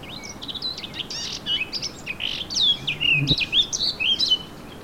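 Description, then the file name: Eurasian blackcap song, a hurried scratchy warble that grows louder into clear, fluty whistled phrases toward the end; a short low knock sounds late on. "Sylvia atricapilla"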